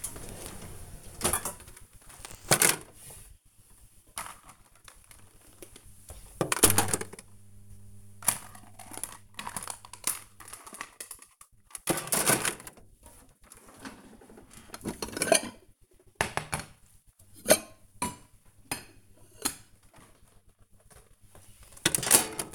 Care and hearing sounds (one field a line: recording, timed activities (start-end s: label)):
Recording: household activities, microphone on the right wrist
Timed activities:
0.00-22.55 s: putting away the dishes